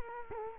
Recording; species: mosquito wingbeat signal from an infrared sensor; Culex quinquefasciatus